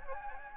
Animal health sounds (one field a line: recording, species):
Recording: mosquito wingbeat signal from an infrared sensor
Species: Anopheles gambiae